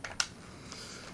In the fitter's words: there's a slot here and a peg and these two will lock in thusly